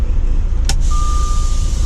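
A tractor pulls forward after its fifth-wheel lock is released, so the steel jaws let go of the semi-trailer kingpin in the fifth-wheel coupling. Over a steady low engine rumble, one sharp hit lands at 0.7 s, followed by a thin steady tone. The kingpin is released.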